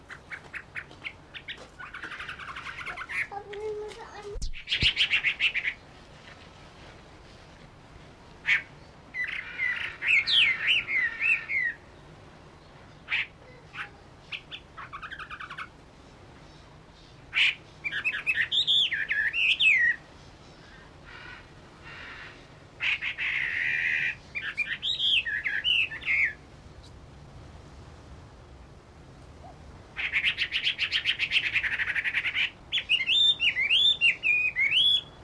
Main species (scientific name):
Garrulax canorus